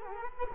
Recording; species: mosquito wingbeat signal from an infrared sensor; Culex quinquefasciatus